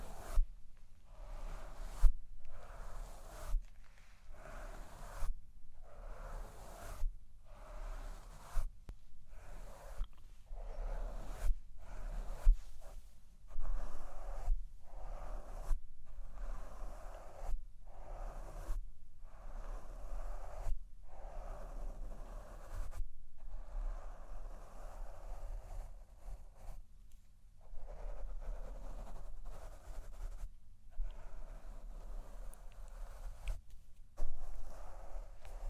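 Someone brushes and handles a microphone, making a rough, scratchy rustle in repeated strokes about once a second, each broken by a short pause. A low rumble runs underneath, and a few sharper taps land along the way.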